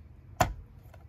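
The plug-in module of a hardwired surge protector electrical management system on a 2021 Keystone Cougar RV is pushed in from the bottom until it snaps into place. A sharp, clear click is heard at 0.4 s, followed by a much fainter tick at 0.9 s. The module is seated in the surge protector unit.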